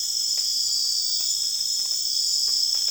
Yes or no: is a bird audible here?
no